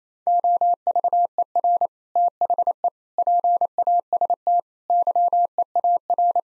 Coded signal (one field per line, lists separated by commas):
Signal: Morse code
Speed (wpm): 28 wpm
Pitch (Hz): 700 Hz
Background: none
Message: OVER THE PAST YEAR